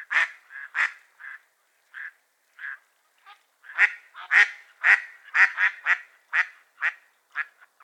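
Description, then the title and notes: Mallards quacking, a series of nasal quacks, some single, others bunched closer together. Raft of at least 100 Mallards grouped together, very talkative; Otter Creek, Sleeping Bear Dunes National Lakeshore; 26 January 2023, 10:00 AM; heavy snow, wind, dense fog. "A Morning on Otter Creek with a Raft of Ducks. Nature is my Jam. a raft of Mallard Ducks"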